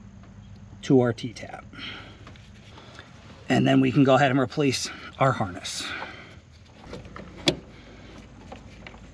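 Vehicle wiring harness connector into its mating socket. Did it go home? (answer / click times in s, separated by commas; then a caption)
yes / 7.5 s. Someone talks while a vehicle wiring harness connector is pushed all the way into its mating socket during installation of Boost Auto Lumastep M2 automatic running boards on a 3rd Gen Tundra. After some soft handling noises, the connector's locking bar is raised and it locks into place with a sharp click at 7.5 s, confirming it is seated.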